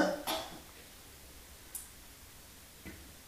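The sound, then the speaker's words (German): A short, husky cough bursts out at the start, followed by quiet and two faint, brief throat sounds later on. No talking. “Es hustet sich ein.”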